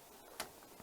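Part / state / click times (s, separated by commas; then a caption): charging connector into the guitar's charging port / seated / 0.4 s. A charging connector slots into the charging port of a carbon-fiber guitar, and it seats with one sharp, small click at 0.4 s. The rest of the clip is quiet, with a faint second tick near 0.8 s. No one talks during the clip.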